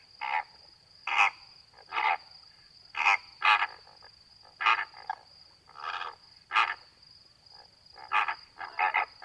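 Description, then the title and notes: Greater flamingo calls, nasal honks repeated roughly every second, some doubled, against a continuous high-pitched tone. Flock feeding calmly at night, standing in water halfway up their legs, occasionally calling; edge of Étang de Vaccarès, Camargue, France; 4 September 2020, 23:10; windless night; Nagra Seven, B&K omni microphone. "Etang de Vaccares - Camargue. Flamant rose ( Phoenicopterus ruber )"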